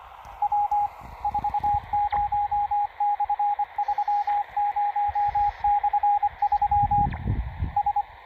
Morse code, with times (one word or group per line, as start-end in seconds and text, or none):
0.4-0.9 W
1.2-7.1 40/30/3
7.8-8.0 S